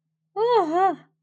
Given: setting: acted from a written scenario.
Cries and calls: vocal sound without words; negative surprise

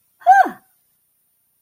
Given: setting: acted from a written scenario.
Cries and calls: vocal sound without words; positive surprise

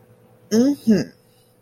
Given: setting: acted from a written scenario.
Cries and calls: vocal sound without words; pride

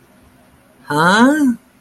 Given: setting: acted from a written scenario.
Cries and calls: vocal sound without words; confusion

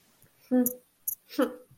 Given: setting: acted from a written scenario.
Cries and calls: vocal sound without words; contempt

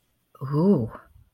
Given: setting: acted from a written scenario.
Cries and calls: vocal sound without words; desire

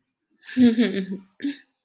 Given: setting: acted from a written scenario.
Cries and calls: vocal sound without words; romantic love

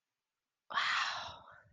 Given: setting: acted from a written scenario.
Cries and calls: vocal sound without words; serenity

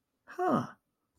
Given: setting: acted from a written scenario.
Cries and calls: vocal sound without words; positive surprise

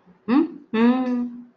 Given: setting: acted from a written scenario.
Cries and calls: vocal sound without words; adoration

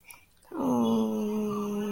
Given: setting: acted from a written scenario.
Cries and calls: vocal sound without words; disappointment

